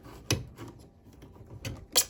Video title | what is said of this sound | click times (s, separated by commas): Removal Of A Bad Shower Valve Set Up | And then there we go. It's definitely popped down. | 0.3 s, 1.7 s